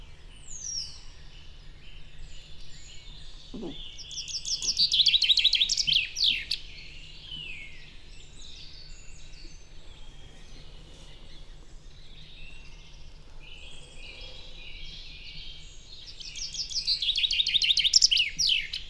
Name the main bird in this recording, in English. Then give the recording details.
Common Chaffinch. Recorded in the wild. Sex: male. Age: adult. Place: Vipperow, Müritz, Mecklenburg-Vorpommern, DE. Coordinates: 53.3461, 12.6836. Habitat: alder marsh. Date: 1998-04-07 17:40. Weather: cloudy, 12°C. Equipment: Sony TCD-D3, Telinga Pro 5. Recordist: Frommolt, Karl-Heinz